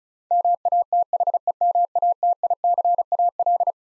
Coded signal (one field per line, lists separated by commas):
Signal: Morse code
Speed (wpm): 36 wpm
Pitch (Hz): 700 Hz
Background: none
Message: MATHEMATICAL